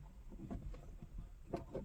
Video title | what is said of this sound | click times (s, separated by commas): 1993 f350 heater core replacement | Make sure I hear that click. | 1.5 s